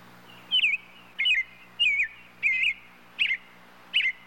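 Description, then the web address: Robin giving a steady series of six short chirping calls, one roughly every 0.7 seconds, each a quick wavering note, with a low hum in the background. "bird robin robin calls animal"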